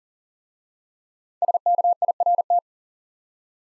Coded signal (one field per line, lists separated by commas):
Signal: Morse code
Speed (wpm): 38 wpm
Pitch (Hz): 700 Hz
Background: none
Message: SKIRT